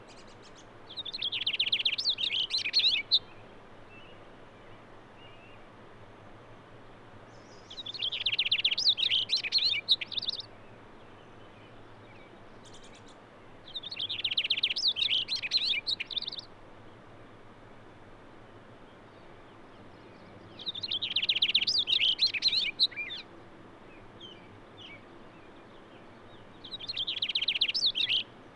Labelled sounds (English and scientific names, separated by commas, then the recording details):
Cassin's Finch (Haemorhous cassinii) song
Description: Cassin's Finch song recorded at Hollowell Park in Rocky Mountain National Park
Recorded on 6 June 2017